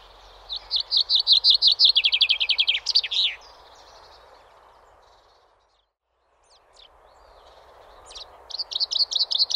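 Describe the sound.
Common chaffinch delivers a full descending trill that ends in a flourish. After a pause of several seconds, a second song begins at the end.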